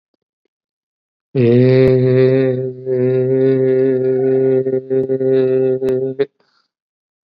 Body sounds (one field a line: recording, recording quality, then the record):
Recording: sustained vowel as in made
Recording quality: excellent, no background noise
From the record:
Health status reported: COVID-19 positive, mild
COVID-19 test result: positive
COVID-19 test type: rapid antigen test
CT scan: not taken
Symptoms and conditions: cough, another respiratory illness, hypertension, diabetes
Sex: male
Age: 60 years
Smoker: no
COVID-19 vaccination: none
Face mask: worn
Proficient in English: yes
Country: India